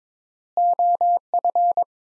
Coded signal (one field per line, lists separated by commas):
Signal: Morse code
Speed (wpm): 21 wpm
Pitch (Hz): 700 Hz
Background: none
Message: OF